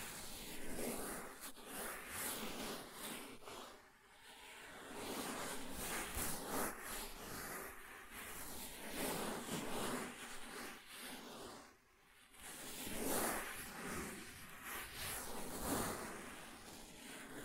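Soft tracing strokes glide over a surface, each one a brushy, rubbing sweep lasting a second or two, some smooth and hushed, others grainier. The strokes come steadily with brief pauses, notably quieter dips near four and twelve seconds.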